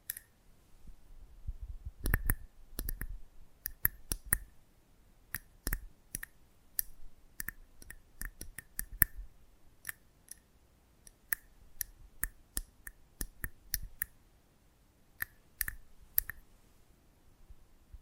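Close-up mic treatment: sharp, irregular clicks and taps with a bright ring, bunched early, then spaced through the clip, over low rumbling thumps.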